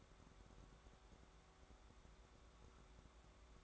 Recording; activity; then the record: daily activity, microphone in the room; take from stove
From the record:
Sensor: 3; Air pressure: 1010.3 hPa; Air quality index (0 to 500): 166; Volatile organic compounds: 9 ppm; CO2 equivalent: 2170 ppm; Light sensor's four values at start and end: 50/125/55/61 and 51/125/55/61